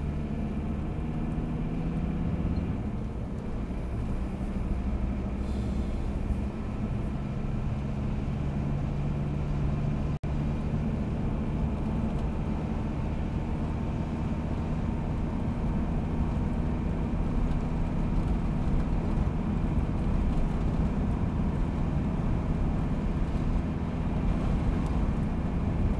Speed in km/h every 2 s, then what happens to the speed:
59, 61, 64, 68, 71, 74, 76, 77, 78, 79, 81, 81, 82.
0-11 speeds up to 76. 11-26 steady at about 79.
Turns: none.